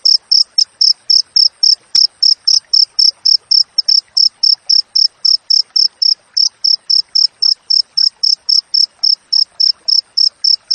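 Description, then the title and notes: Cricket song of bright, high chirps repeated in a fast, even rhythm, roughly four per second, continuing throughout with faint background noise. Wild crickets with tightly spaced chirps, used for training songbirds and for repelling rats. "Masteran Jangkrik Alam Jernih, Jeda Rapat Cocok Untuk Masteran Burung Dan Mengusir Tikus. suara jangkrik"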